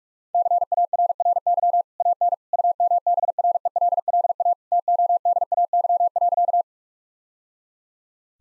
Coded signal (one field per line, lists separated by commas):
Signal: Morse code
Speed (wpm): 46 wpm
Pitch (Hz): 700 Hz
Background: none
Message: CARRY AN UMBRELLA TODAY.